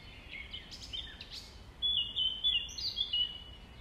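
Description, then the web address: Nightingale song: brief chirps, then a run of loud, sustained pure whistles repeated in quick pulses over steady background hiss. Recorded at dawn on 5 May 2020, around 05:33. "20200505-053342. 2020 05 06 nightingales"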